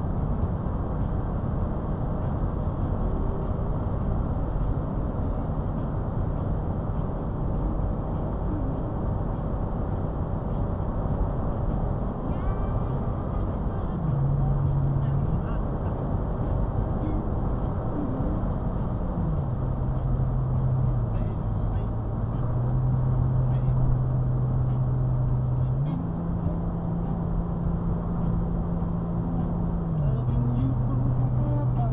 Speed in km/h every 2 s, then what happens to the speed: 100, 101, 101, 103, 105, 105, 105, 103, 105, 101, 97, 93, 92, 93, 93, 92.
0-16 steady at about 103. 16-22 slows to 93. 22-32 steady at about 93.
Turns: none.